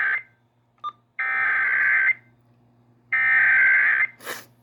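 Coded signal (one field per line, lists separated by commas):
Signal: Emergency Alert System (SAME) tones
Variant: header bursts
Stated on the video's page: Child abduction emergency carried by WEA and EAS activation on a TV station, civil authority origin.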